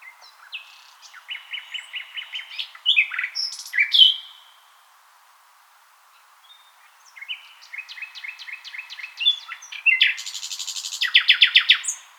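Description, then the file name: Common nightingale song: varied phrases of repeated notes and buzzy flourishes, a silent stretch, then chattering trills ending in a fast loud rattle. "Luscinia megarhynchos"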